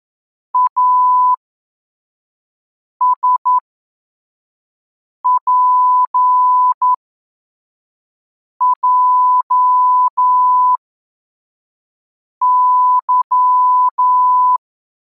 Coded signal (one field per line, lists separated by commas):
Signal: Morse code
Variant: Russian alphabet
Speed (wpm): 11 wpm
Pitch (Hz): 1000 Hz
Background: none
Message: АСПЙЫ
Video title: Азбука Морзе. Урок 12. Тексты для отработки приёма. Скорость 3 гр/м.